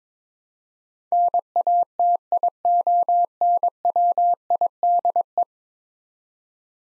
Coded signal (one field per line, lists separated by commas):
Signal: Morse code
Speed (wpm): 22 wpm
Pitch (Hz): 700 Hz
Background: none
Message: NATIONWIDE